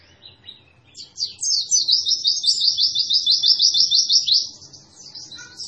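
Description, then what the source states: White-eye song: a rapid high-pitched trilling warble of fast repeated buzzy notes, over faint low background noise. Training recording made for cage birds; described as an energetically singing bird (gacor).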